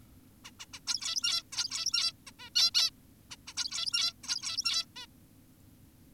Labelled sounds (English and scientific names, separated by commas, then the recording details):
Zebra Finch (Taeniopygia guttata)
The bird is an adult
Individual g17y2U